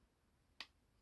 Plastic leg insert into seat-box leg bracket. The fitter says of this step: as it comes up you'll hear it click